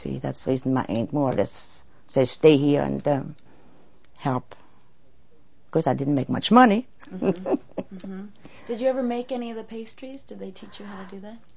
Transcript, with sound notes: That was the reason my aunt more or less said stay here and help. Of course, I didn't make much money. ( she laughs )
Uh-huh. Did you ever make any of the pastries? Did they teach you how to do that?